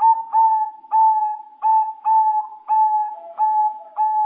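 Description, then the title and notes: Bird song of loud, flat whistled notes repeated in a steady series, with slightly lower notes near the end. "Bird Sound. Kicau Burung Lengkap"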